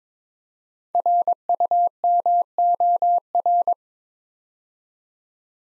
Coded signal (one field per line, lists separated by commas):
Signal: Morse code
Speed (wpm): 23 wpm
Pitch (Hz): 700 Hz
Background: none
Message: RUMOR